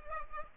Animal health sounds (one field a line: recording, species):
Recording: mosquito wingbeat signal from an infrared sensor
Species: Culex pipiens